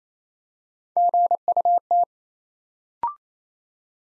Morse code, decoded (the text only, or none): GUT